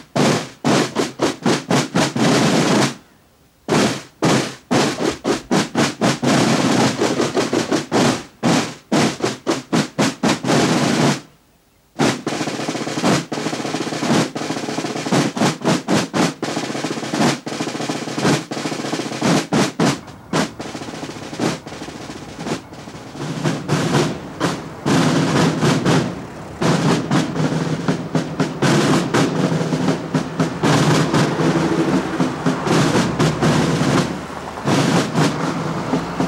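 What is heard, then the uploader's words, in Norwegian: Buekorps drummers play in the streets of Bergen, snare drums rattling in fast, dense rolls and sharp repeated beats. The drumming stops briefly around 3 and 11 seconds, then carries on steadily to the end, with a low rumble underneath near the close. Lyden av trommende buekorps i gatene i Bergen. Mai-tog med buekorps.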